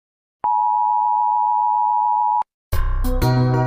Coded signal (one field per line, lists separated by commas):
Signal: Emergency Alert System (SAME) tones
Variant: 853 and 960 Hz attention tone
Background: music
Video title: Kuwait EAS Alarm (1990, REMASTERED)